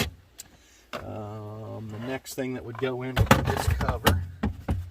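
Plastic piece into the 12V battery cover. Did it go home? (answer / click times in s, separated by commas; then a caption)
yes / 4.4 s, 4.7 s. A plastic piece is fitted into the 12V battery cover of a Toyota Prius during reassembly while someone talks. Two short clicks sound at 4.4 and 4.7 seconds as the piece pops in and seats.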